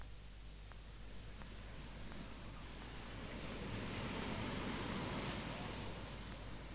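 Sea waves wash against the rocky coast of Rügen in a steady, hissing rush of surf that swells a little louder midway through, with no sharp individual crashes and no voices.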